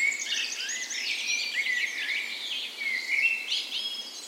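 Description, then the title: Birds in a dawn chorus, several songsters overlapping with bright warbled and whistled phrases, quick trills and high chirps running continuously throughout. Dawn chorus recorded the morning of 17 May, Norway's National Day, in a park west in Bergen, Norway, in full spring; Sony PCM A10 recorder with LOM Usi microphones as tree ears. "17th Of May Dawn Chorus"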